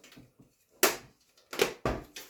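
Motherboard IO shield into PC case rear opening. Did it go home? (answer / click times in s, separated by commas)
yes / 0.8 s, 1.9 s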